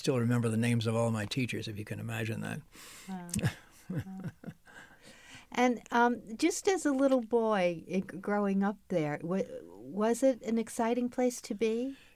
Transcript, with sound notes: I still remember the names of all my teachers, if you can imagine that.
Wow. [chuckles] And just as a little boy growing up there, w — was it an exciting place to be?